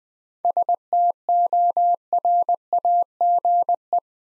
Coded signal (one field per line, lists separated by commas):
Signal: Morse code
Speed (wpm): 20 wpm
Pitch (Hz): 700 Hz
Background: none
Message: STORAGE